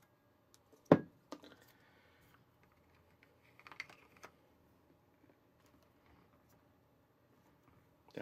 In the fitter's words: that one didn't snap on like the other ones and